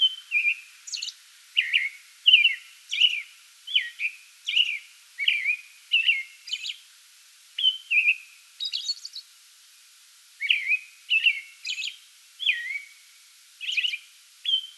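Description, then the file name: American robin song, a long run of rich whistled phrases and high-pitched squeaky notes, with one short break. Pre-dawn song bout recorded 8 May 2022. "2022-05-08 American Robin pre-dawn song bout"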